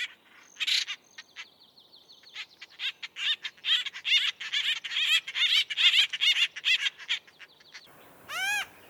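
Birdsong: a fast, steady series of sharp chipping notes, over two per second, with a thin high whistle held behind. A separate arched call ends it.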